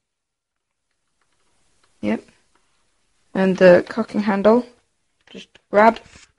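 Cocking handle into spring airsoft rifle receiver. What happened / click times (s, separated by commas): Handled, not yet home: no latching click is heard before the clip ends / none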